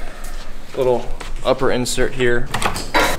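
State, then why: Not seated. A painted upper trim insert with plastic retaining clips is handled near the trim panel of a 2022 F250 Platinum with a 9-inch PMF lift, just before it is pressed into place. Someone talks throughout, with faint handling noise underneath. Nothing has seated or clicked yet.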